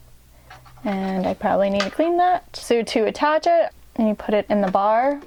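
A snap-on presser foot is released from the presser bar of a Janome sewing machine by pressing the release lever at the back of the bar, and it drops off with a small click at 0.5 s. Afterwards someone talks.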